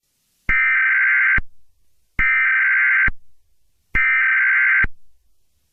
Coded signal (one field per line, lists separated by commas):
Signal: Emergency Alert System (SAME) tones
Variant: header bursts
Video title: eas scenario evil barney invasion(lipra seven 2019 re-upload)